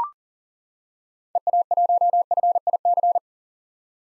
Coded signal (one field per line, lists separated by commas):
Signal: Morse code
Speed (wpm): 40 wpm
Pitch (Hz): 700 Hz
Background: none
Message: EA1FIC